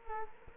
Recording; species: mosquito wingbeat signal from an infrared sensor; Culex quinquefasciatus